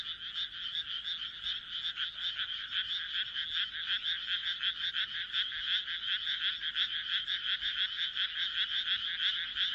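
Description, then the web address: Frog chorus, rasping croaks pulsing several times a second, overlapping continuously. "kaeru kaeru"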